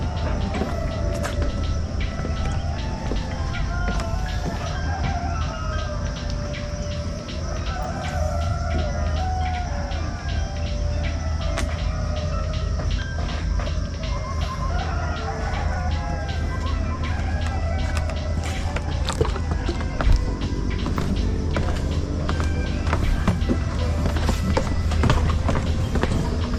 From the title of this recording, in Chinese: 散步新化山林賞日出@大坑休閒農場